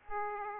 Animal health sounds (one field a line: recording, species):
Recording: mosquito wingbeat signal from an infrared sensor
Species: Aedes aegypti